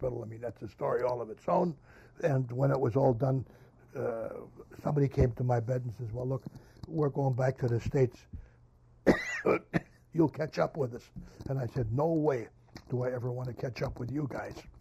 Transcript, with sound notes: I mean, that's a story all of its own and when it was all done, somebody came to my bed and says, "Well, look, we're going back to the States. [coughs] You'll catch up with us," and I said, "No way do I ever want to catch up with you guys."